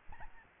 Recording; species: mosquito wingbeat signal from an infrared sensor; Aedes albopictus